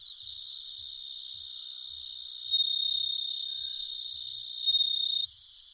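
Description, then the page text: Bell cricket song: continuous high, bell-like ringing pulses that swell louder twice, layered over steady insect trilling and faint low knocks. Recorded at night in Nikko, Japan, on 1 October 2011 at 21:48. "Homoeogryllus japonicus [Sounds -Nikko Today-]"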